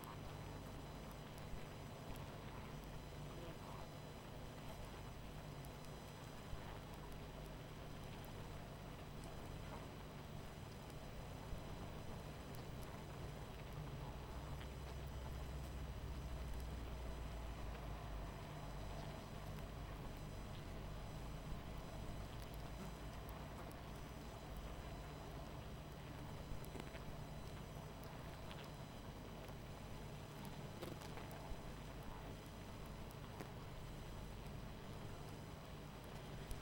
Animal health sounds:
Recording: honeybee colony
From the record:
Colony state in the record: missing queen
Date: 14 July 2017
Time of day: 21:14

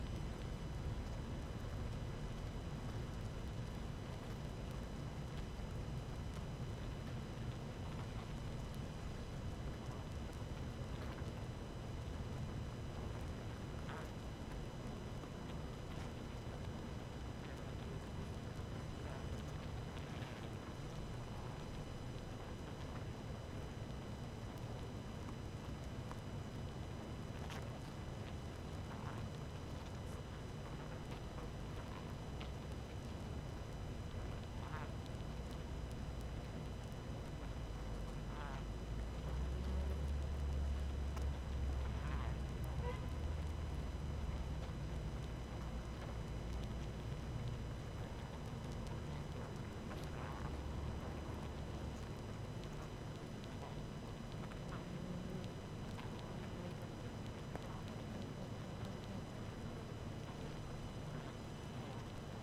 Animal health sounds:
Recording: honeybee colony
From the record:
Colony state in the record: active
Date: 12 June 2018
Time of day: 18:30

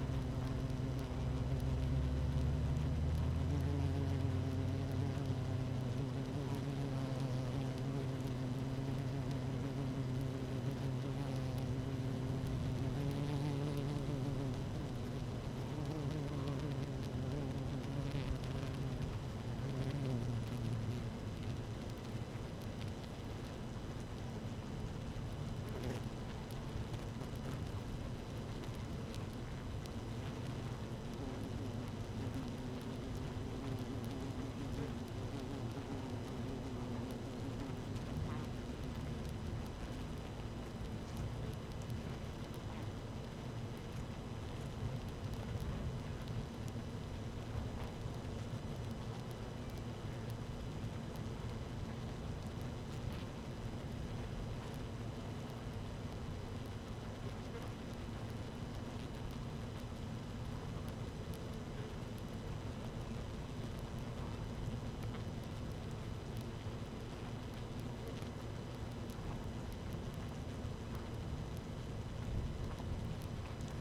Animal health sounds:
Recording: honeybee colony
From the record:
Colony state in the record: active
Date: 12 June 2018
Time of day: 13:41

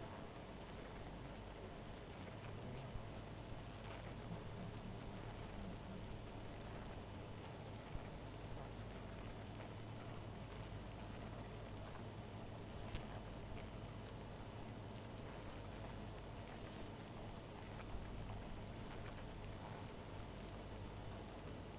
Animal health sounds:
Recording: honeybee colony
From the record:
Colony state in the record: missing queen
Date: 14 July 2017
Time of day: 0:53

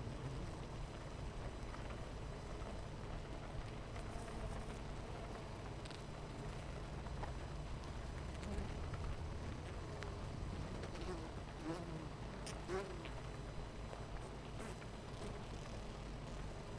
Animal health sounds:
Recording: honeybee colony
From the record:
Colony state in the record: missing queen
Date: 14 July 2017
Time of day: 9:46

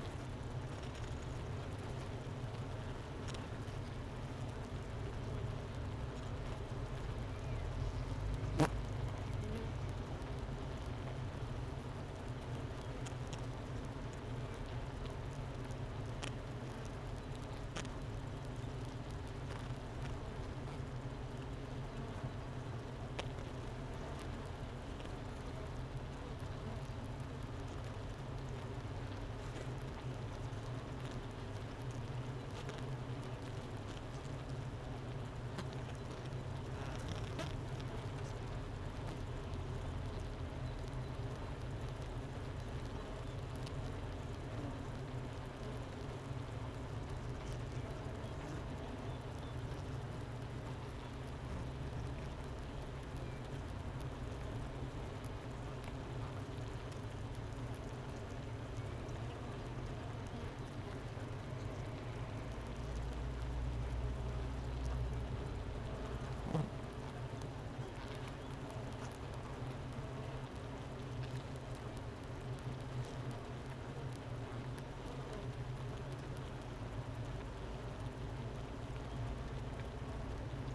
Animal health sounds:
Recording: honeybee colony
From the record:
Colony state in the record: missing queen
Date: 31 May 2018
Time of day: 10:34

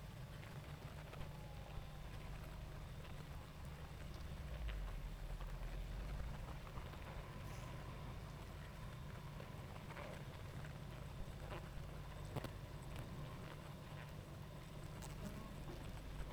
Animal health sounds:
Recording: honeybee colony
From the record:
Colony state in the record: active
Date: 28 July 2017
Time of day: 19:44

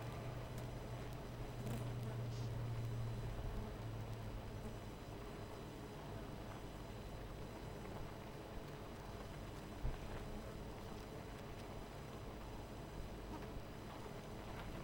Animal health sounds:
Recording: honeybee colony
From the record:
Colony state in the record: missing queen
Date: 14 July 2017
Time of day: 12:45

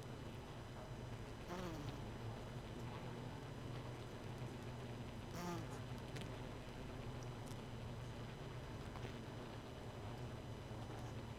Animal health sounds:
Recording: honeybee colony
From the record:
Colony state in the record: missing queen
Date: 31 May 2018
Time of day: 1:28

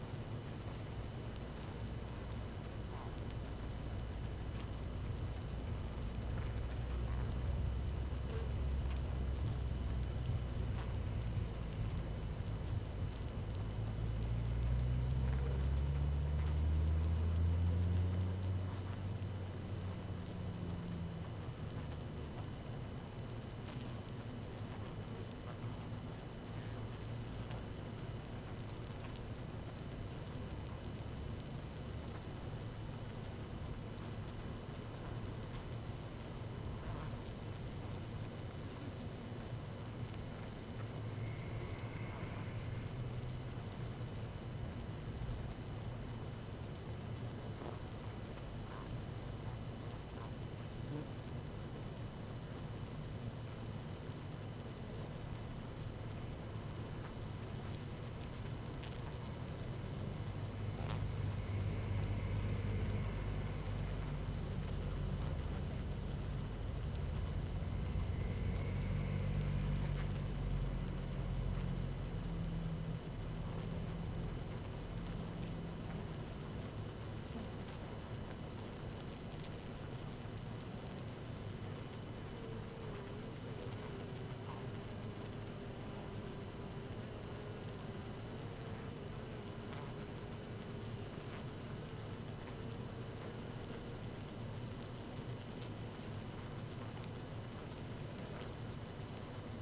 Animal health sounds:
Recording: honeybee colony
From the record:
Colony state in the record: active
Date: 12 June 2018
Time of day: 17:58

